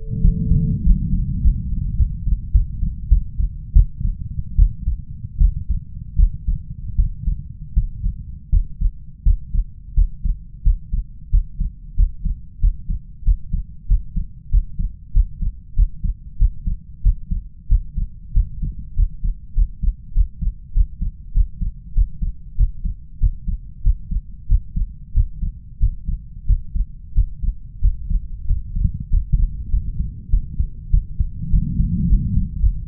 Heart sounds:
heart sounds by stethoscope; 93 bpm
0.21 s: heartbeat
0.82 s: heartbeat
1.41 s: heartbeat
1.96 s: heartbeat
2.51 s: heartbeat
3.08 s: heartbeat
3.73 s: heartbeat
4.56 s: heartbeat
5.38 s: heartbeat
6.16 s: heartbeat
6.95 s: heartbeat
7.73 s: heartbeat
8.49 s: heartbeat
9.23 s: heartbeat
9.94 s: heartbeat
10.62 s: heartbeat
11.29 s: heartbeat
11.95 s: heartbeat
12.59 s: heartbeat
13.23 s: heartbeat
13.86 s: heartbeat
14.49 s: heartbeat
15.12 s: heartbeat
15.74 s: heartbeat
16.37 s: heartbeat
17.01 s: heartbeat
17.67 s: heartbeat
18.32 s: heartbeat
18.94 s: heartbeat
19.53 s: heartbeat
20.13 s: heartbeat
20.72 s: heartbeat
21.32 s: heartbeat
21.93 s: heartbeat
22.55 s: heartbeat
23.18 s: heartbeat
23.82 s: heartbeat
24.47 s: heartbeat
25.12 s: heartbeat
25.78 s: heartbeat
26.45 s: heartbeat
27.13 s: heartbeat
27.80 s: heartbeat
28.45 s: heartbeat
29.08 s: heartbeat
29.69 s: heartbeat
30.29 s: heartbeat
30.90 s: heartbeat
31.49 s: heartbeat
32.06 s: heartbeat
32.59 s: heartbeat
From the record:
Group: healthy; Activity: breath hold 0-29 s, rest 29-33 s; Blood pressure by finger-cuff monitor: 120/88 mmHg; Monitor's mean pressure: 98 mmHg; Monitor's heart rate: 95 bpm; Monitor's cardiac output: 6.4 L/min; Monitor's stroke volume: 68 mL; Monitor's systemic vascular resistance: 1130 dyn s/cm5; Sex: male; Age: 21 years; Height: 180 cm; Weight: 67.5 kg

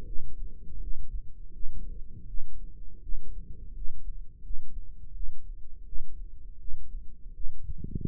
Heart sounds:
heart sounds by microphone in the right ear; 82 bpm
0.04 s: heartbeat
0.78 s: heartbeat
1.51 s: heartbeat
2.26 s: heartbeat
3.00 s: heartbeat
3.73 s: heartbeat
4.41 s: heartbeat
5.12 s: heartbeat
5.84 s: heartbeat
6.57 s: heartbeat
7.32 s: heartbeat
8.05 s: heartbeat
From the record:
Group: healthy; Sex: female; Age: 22 years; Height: 160 cm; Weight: 63 kg

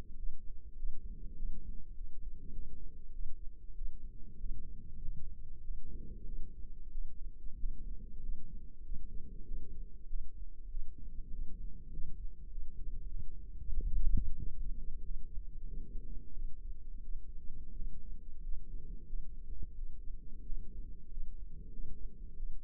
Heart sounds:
heart sounds by microphone in the left ear; 95 bpm
0.15 s: heartbeat
0.75 s: heartbeat
1.35 s: heartbeat
1.93 s: heartbeat
2.51 s: heartbeat
3.11 s: heartbeat
3.73 s: heartbeat
4.37 s: heartbeat
4.98 s: heartbeat
5.61 s: heartbeat
6.24 s: heartbeat
6.90 s: heartbeat
7.56 s: heartbeat
8.19 s: heartbeat
8.81 s: heartbeat
9.44 s: heartbeat
10.06 s: heartbeat
10.67 s: heartbeat
11.29 s: heartbeat
11.89 s: heartbeat
12.48 s: heartbeat
13.07 s: heartbeat
13.69 s: heartbeat
14.35 s: heartbeat
15.01 s: heartbeat
15.64 s: heartbeat
16.32 s: heartbeat
17.01 s: heartbeat
17.72 s: heartbeat
18.39 s: heartbeat
19.05 s: heartbeat
19.73 s: heartbeat
20.42 s: heartbeat
21.07 s: heartbeat
21.69 s: heartbeat
22.35 s: heartbeat
From the record:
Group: healthy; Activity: rest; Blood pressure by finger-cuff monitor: 111/58 mmHg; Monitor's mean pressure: 76 mmHg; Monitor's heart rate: 97 bpm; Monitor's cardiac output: 8.8 L/min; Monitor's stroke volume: 94 mL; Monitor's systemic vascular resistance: 610 dyn s/cm5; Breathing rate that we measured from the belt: 18 breaths a minute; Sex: female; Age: 26 years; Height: 165 cm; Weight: 55 kg

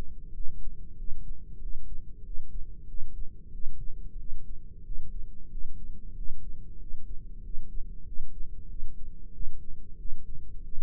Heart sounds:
heart sounds by microphone in the right ear; 93 bpm
0.30 s: heartbeat
0.94 s: heartbeat
1.57 s: heartbeat
2.21 s: heartbeat
2.85 s: heartbeat
3.50 s: heartbeat
4.16 s: heartbeat
4.81 s: heartbeat
5.47 s: heartbeat
6.12 s: heartbeat
6.76 s: heartbeat
7.39 s: heartbeat
8.03 s: heartbeat
8.66 s: heartbeat
9.30 s: heartbeat
9.95 s: heartbeat
10.60 s: heartbeat
From the record:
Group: heart failure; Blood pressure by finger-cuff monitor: 81/48 mmHg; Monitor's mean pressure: 58 mmHg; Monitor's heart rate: 93 bpm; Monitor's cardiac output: 8.2 L/min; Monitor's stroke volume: 88 mL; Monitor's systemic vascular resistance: 490 dyn s/cm5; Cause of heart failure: ischemic heart disease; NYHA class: 1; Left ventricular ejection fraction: 38%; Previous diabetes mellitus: present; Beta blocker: bisoprolol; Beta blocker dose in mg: 15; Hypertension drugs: sacubitril-valsartan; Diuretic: furosemide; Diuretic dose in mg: 20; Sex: male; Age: 33 years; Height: 172 cm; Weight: 78.5 kg

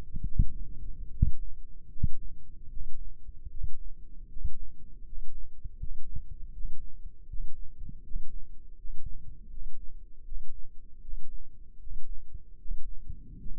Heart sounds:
heart sounds by microphone in the left ear; 78 bpm
0.22 s: heartbeat
1.09 s: heartbeat
1.88 s: heartbeat
2.68 s: heartbeat
3.48 s: heartbeat
4.27 s: heartbeat
5.03 s: heartbeat
5.77 s: heartbeat
6.51 s: heartbeat
7.26 s: heartbeat
8.01 s: heartbeat
8.75 s: heartbeat
9.48 s: heartbeat
10.23 s: heartbeat
10.99 s: heartbeat
11.77 s: heartbeat
12.56 s: heartbeat
13.37 s: heartbeat
From the record:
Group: healthy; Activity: rest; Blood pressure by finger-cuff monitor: 121/75 mmHg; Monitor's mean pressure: 83 mmHg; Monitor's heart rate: 76 bpm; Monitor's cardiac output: 6.4 L/min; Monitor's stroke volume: 82 mL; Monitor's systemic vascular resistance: 950 dyn s/cm5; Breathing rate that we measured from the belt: 16 breaths a minute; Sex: male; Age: 35 years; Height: 180 cm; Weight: 86.9 kg

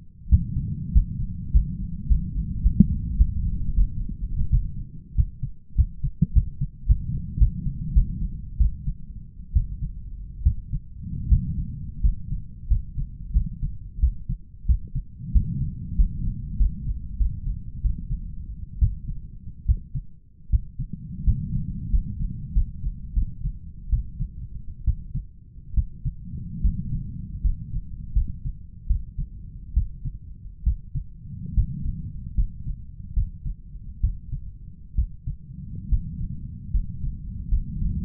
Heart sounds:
heart sounds by stethoscope; 82 bpm
0.30 s: heartbeat
0.93 s: heartbeat
1.52 s: heartbeat
2.08 s: heartbeat
2.62 s: heartbeat
3.17 s: heartbeat
3.73 s: heartbeat
4.50 s: heartbeat
5.16 s: heartbeat
5.76 s: heartbeat
6.34 s: heartbeat
6.87 s: heartbeat
7.39 s: heartbeat
7.94 s: heartbeat
8.58 s: heartbeat
9.54 s: heartbeat
10.44 s: heartbeat
11.29 s: heartbeat
12.02 s: heartbeat
12.68 s: heartbeat
13.33 s: heartbeat
14.00 s: heartbeat
14.67 s: heartbeat
15.33 s: heartbeat
15.96 s: heartbeat
16.57 s: heartbeat
17.18 s: heartbeat
17.82 s: heartbeat
18.79 s: heartbeat
19.66 s: heartbeat
20.50 s: heartbeat
21.25 s: heartbeat
21.90 s: heartbeat
22.53 s: heartbeat
23.14 s: heartbeat
23.90 s: heartbeat
24.85 s: heartbeat
25.74 s: heartbeat
26.62 s: heartbeat
27.42 s: heartbeat
28.13 s: heartbeat
28.87 s: heartbeat
29.74 s: heartbeat
30.64 s: heartbeat
31.55 s: heartbeat
32.35 s: heartbeat
33.14 s: heartbeat
34.01 s: heartbeat
34.95 s: heartbeat
35.89 s: heartbeat
36.71 s: heartbeat
37.49 s: heartbeat
From the record:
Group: healthy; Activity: rest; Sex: male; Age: 23 years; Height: 179 cm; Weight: 87 kg

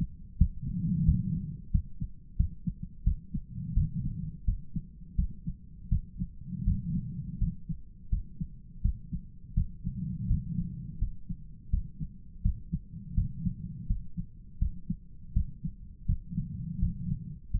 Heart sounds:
heart sounds by stethoscope; 84 bpm
0.36 s: heartbeat
1.04 s: heartbeat
1.70 s: heartbeat
2.36 s: heartbeat
3.03 s: heartbeat
3.73 s: heartbeat
4.44 s: heartbeat
5.15 s: heartbeat
5.89 s: heartbeat
6.64 s: heartbeat
7.38 s: heartbeat
8.09 s: heartbeat
8.81 s: heartbeat
9.54 s: heartbeat
10.27 s: heartbeat
10.98 s: heartbeat
11.70 s: heartbeat
12.42 s: heartbeat
13.14 s: heartbeat
13.87 s: heartbeat
14.58 s: heartbeat
15.33 s: heartbeat
16.06 s: heartbeat
16.79 s: heartbeat
17.51 s: heartbeat
From the record:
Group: healthy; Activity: rest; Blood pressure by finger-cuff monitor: 100/71 mmHg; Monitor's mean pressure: 82 mmHg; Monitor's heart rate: 83 bpm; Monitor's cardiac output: 7.6 L/min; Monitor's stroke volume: 91 mL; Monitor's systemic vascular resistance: 790 dyn s/cm5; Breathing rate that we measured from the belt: 19 breaths a minute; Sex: male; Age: 57 years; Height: 188 cm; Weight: 106 kg

